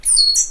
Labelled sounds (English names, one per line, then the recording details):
Stitchbird song
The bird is a male
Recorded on Tiritiri Matangi Island, New Zealand, in 2005
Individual 12, of nest box 16